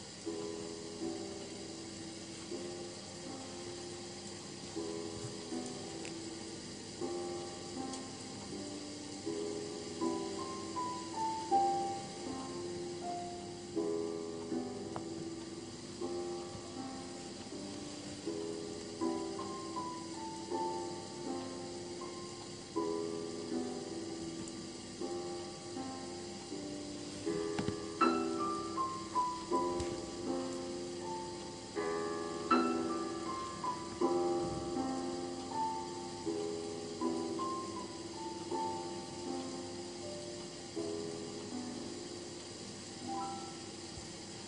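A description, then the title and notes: Gentle piano melody plays over a steady hiss of rain, with notes rising and falling evenly and a brief brighter flourish near the middle. Piano edition with rain first then forest sounds.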